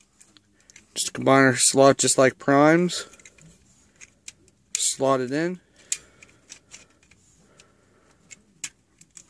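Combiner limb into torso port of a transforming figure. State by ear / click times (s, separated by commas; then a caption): seated / 8.6 s. Someone talks while the plastic tab of the Breakdown combiner limb is slotted into the torso port of a transforming figure for the Menasor combination, with light plastic taps and clicks between the words. The limb is pushed home and locks into place with a sharp click at 8.6 s.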